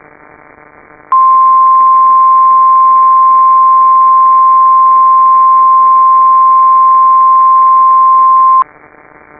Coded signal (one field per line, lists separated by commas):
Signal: Emergency Alert System (SAME) tones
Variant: 1050 Hz attention tone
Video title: A Severe Disruption (EAS Scenario)